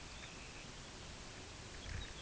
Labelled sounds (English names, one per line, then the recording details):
Red Phalarope
unidentified sound
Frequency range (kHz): Red Phalarope 2.7-4.5 kHz
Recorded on Arctic tundra, site UTQI-5, on 16 June 2019
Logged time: 12:00